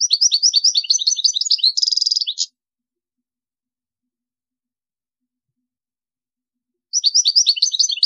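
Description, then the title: European goldfinch song: fast run of high tinkling notes ending in a brief buzzy rattle, then a long silence before the twittering resumes. "Chant Chardonneret"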